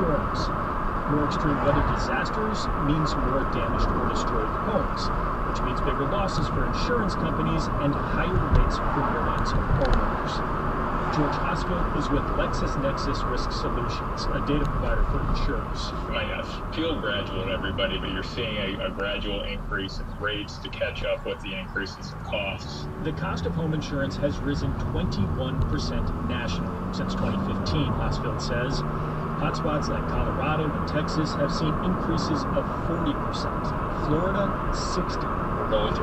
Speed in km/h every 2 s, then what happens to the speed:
58, 56, 56, 52, 50, 50, 47, 42, 31, 23, 18, 19, 24, 31, 39, 45, 50, 53.
0-20 slows to 18. 20-36 speeds up to 53.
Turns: 17-24.